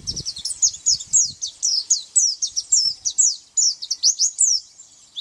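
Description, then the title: White-eye song, a rapid stream of high, sweet, slurred chirps, continuing almost without pause. "Pleci"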